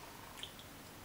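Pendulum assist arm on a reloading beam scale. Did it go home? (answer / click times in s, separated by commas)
no / none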